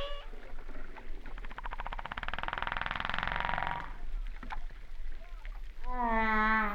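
Humpback whale sounds: a rough, rapidly pulsed buzz for about two seconds, followed near the end by a clear harmonic moan.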